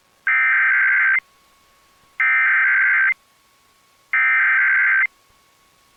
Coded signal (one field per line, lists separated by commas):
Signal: Emergency Alert System (SAME) tones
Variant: header bursts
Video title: EAS #3 | Ventura Required Monthly Test over KHAY and KOCP